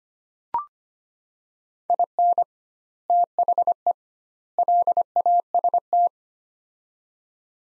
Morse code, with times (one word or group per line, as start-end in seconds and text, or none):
1.9-2.4 IN
3.1-3.9 THE
4.6-6.1 LAST